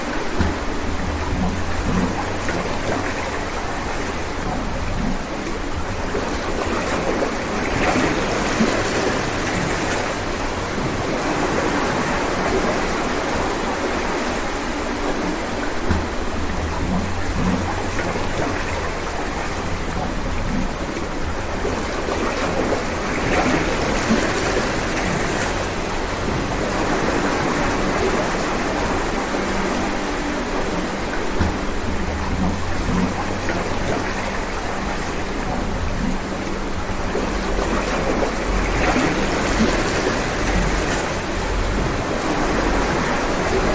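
Steady water sound, like heavy rain, fills the clip with a dense, even hiss that barely changes in level. Low rumbling swells come and go underneath, including a deeper tone around 15–20 and 31–34 seconds, like thunder or machinery.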